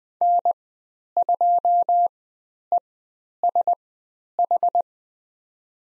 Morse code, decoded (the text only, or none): N2ESH